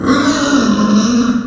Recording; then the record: squeal of a Yucatan mini pig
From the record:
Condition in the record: after surgery on the right vocal fold (resection and tissue-engineered implant); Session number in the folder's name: 7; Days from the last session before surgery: 47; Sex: female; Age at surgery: 19 weeks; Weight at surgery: 25 kg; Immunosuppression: prednisolone